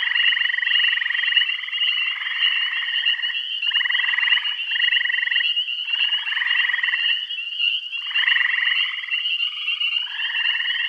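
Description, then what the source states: Frog chorus of buzzy pulsed trills that start and stop in overlapping bursts, over a continuous shrill background hum. Bath County.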